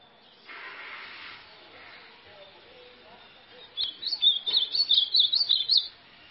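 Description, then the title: White-throated seedeater song: after a soft, indistinct rustle and a quiet stretch, a bright run of quick, high twittering notes lasting about two seconds. "Canto Do Golinha"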